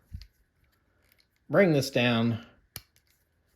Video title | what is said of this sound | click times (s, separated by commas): Transformers One Prime Changers ALPHA TRION Review | Click in that little heel piece. | 0.2 s